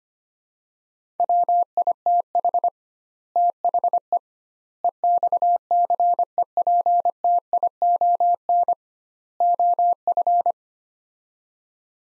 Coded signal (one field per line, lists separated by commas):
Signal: Morse code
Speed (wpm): 25 wpm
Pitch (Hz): 700 Hz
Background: none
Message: WITH THE EXCEPTION OF